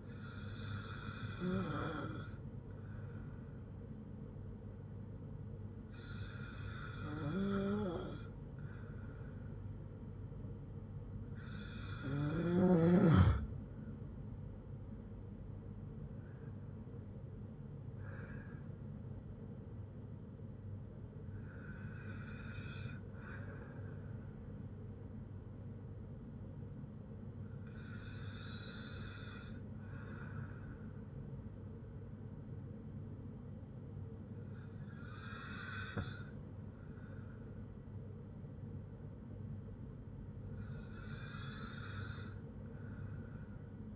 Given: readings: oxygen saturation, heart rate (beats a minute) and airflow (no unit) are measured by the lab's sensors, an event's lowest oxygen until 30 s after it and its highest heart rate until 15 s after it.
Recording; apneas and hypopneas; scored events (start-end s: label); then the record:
breathing in sleep by a smartphone at the bedside; none
none scored
From the record:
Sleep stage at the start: N2 (light sleep); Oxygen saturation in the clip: 94 to 96%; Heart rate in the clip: 55 to 62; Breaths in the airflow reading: 8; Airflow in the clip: -4.9 to 7.7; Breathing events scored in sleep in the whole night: 182 in 7.4 hours asleep